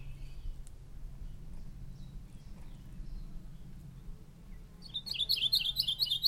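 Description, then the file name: Maui parrotbill call: after nearly five seconds of faint notes over a background hum, a fast burst of high, bright notes begins and runs to the end. "Maui Parrotbill Pseudonestor xanthophrys"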